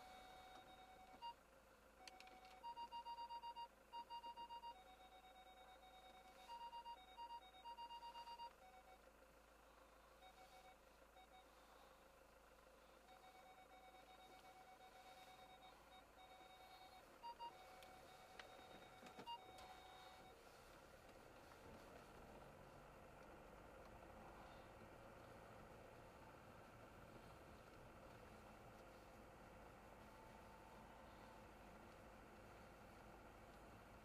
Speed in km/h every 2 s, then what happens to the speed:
0, 0, 0, 0, 0, 0, 0, 6, 5, 9, 18, 22, 25, 24, 23, 27, 23.
0-13 standing. 13-22 pulls away to 22. 22-34 steady at about 23.